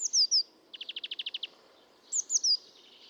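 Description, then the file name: European greenfinch calls: sharp high descending twitters, then a quick dry trill of about ten notes, then more twitters. "Chloris chloris"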